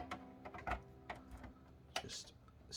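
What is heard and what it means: During disassembly of an Xbox One with a broken hard drive, a plastic panel is pulled forward just far enough on the console housing. A few light clicks and rattles sound around 0.1 s and 1.1 s before a sharper, louder click at 2.0 s as the panel's clip releases at the bottom.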